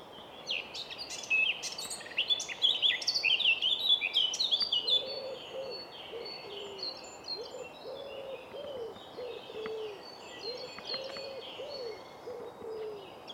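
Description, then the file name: Eurasian blackcap gives a brisk jumbled warble ending in clear fluted notes, then falls quiet as a dove's low, repeated cooing carries on with faint high chirps behind it. "Sylvia atricapilla"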